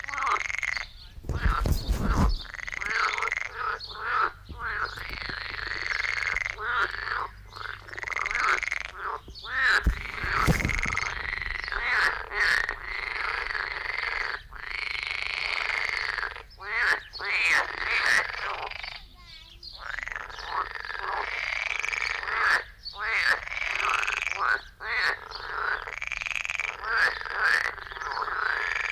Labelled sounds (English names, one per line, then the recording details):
Edible Frog call
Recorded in the wild
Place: Lübars, Benekendorffstraße, Berlin, DE
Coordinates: 52.6167, 13.3469
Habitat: Gartenteich
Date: 1998-05-10 11:50
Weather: heiter, 25°C
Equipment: Sony MD-WM MZ-R3, Sennheiser MKH 416 T, Kopie Uher 4000 Report Monitor
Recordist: Tembrock, Günter